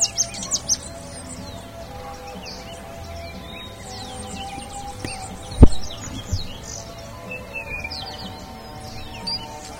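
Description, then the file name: Bird calls, scattered high chirps and thin descending notes throughout, with one sharp knock midway and a steady low drone beneath. "SABIOD 50 bird 2015"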